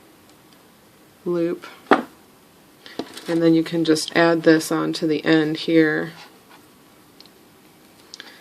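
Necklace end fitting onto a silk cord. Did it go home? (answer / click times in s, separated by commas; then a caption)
yes / 8.1 s. Someone talks while adding an end fitting onto the end of a sari-silk adjustable necklace cord. A few faint handling ticks follow, then a small, sharp pop at 8.1 s as the end piece seats into place on the silk cord.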